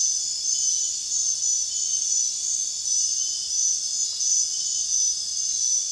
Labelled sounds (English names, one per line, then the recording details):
none
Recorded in dense forest near Puerto Asís, Putumayo, Colombia, on 22 June 2025 at 21:00
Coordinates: 0.466, -76.327
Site GP04